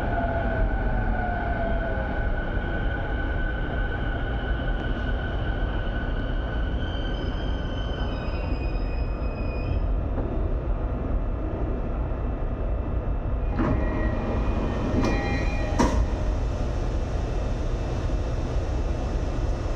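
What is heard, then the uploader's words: A ride aboard a train, with a loud, steady low rumble filling the whole stretch. Thin whining tones drift and fade through the first half, and sharp metallic clanks and squeals break in around 13 to 16 seconds. Catches the train home in Tokyo.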